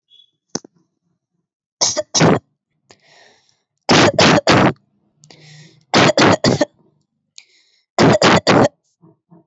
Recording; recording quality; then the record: shallow voluntary cough; excellent, no background noise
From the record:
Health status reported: exposed to COVID-19, no respiratory illness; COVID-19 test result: negative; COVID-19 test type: RT-PCR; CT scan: not taken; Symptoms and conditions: none ticked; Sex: female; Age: 23 years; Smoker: no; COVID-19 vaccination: both doses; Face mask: not worn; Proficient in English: yes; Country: India